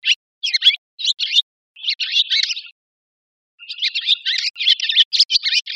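Barn swallow chirps: clusters of quick, high twittering notes in short bursts, a pause, then a denser run of chattering chirps.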